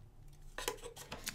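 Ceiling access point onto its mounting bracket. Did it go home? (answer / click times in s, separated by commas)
yes / 1.3 s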